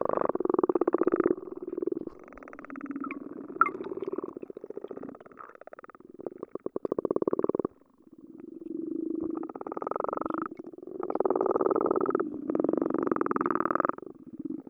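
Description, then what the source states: Frogs calling underwater in rattling pulse trains, several vigorous bursts alternating with softer purring stretches. Frogs recorded underwater with a hydrophone.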